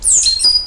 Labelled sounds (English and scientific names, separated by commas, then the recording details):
Stitchbird (Notiomystis cincta) song
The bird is a male
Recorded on Tiritiri Matangi Island, New Zealand, in 2005
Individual 12, of nest box 16